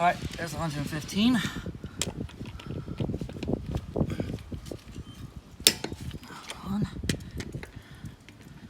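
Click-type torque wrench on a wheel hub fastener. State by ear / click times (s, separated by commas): torque reached / 5.7 s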